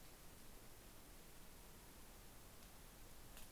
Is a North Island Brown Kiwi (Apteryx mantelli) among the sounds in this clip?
no